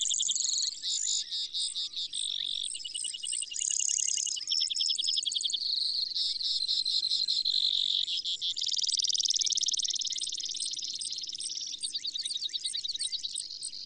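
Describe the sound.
Brewer's sparrow in extended song, high trills alternating between fast buzzes and slower pulsed phrases, going on almost continuously.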